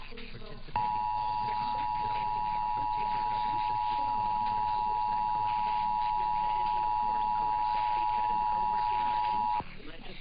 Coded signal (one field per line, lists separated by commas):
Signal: Emergency Alert System (SAME) tones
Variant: 853 and 960 Hz attention tone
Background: speech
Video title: [EAS #1928-#1943] Part 2 of Testing Mania Week (12/06/22 -12/08/22)